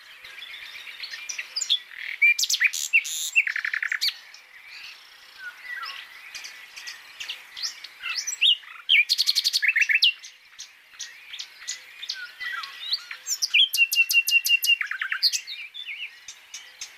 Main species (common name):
Common Nightingale